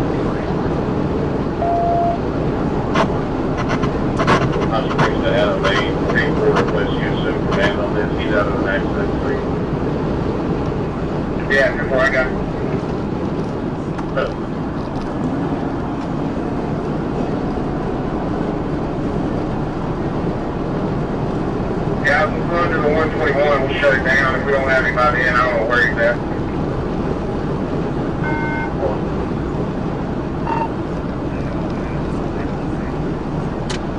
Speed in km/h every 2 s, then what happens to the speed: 203, 203, 200, 200, 188, 180, 163, 166, 175, 182, 190, 193, 193, 193, 188, 180, 184.
0-6 steady at about 200. 6-12 brakes to 163. 12-22 speeds up to 193. 22-34 slows to 184.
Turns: none.